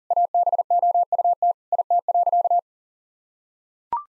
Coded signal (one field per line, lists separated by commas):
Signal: Morse code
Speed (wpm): 40 wpm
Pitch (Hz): 700 Hz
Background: none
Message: ABOUT IT.